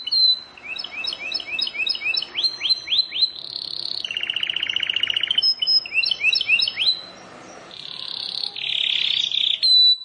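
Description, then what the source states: Plain Prinia: songbird delivering quick series of sharp chirps, then a buzzy rattling trill, more chirp runs and a harsh scratchy burst near the end. Used for training cage birds.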